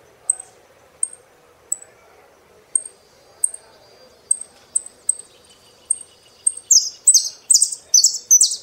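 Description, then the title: Saffron finch song: thin high chips spaced apart, quickening into a run of loud, bright, downward-sweeping notes at the end. "Jilguero Argentino"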